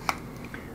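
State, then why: Seated. After the telescoping camera extension pole is collapsed and lined up the right way, its section is twisted again and the twist lock gives a loud, sharp click at 0.1 s, locking everything back in place to keep the pole compact. Two fainter ticks follow at about 0.5 s.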